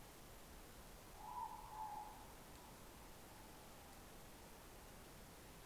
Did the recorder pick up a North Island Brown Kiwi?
no